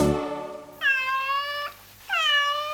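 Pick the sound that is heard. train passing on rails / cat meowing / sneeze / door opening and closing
cat meowing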